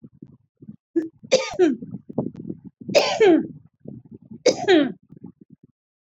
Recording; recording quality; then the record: heavy voluntary cough; excellent, no background noise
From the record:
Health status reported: respiratory illness, not identified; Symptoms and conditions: asthma, hypertension, diabetes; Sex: female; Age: 56 years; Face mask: not worn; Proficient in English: yes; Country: India